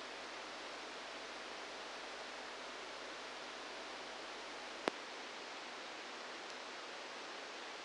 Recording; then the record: brain microelectrode recording played as sound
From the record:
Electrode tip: outside the subthalamic nucleus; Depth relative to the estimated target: -6 mm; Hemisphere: left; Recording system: NeuroSet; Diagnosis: Parkinson's disease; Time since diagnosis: 10 years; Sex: male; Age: 63 years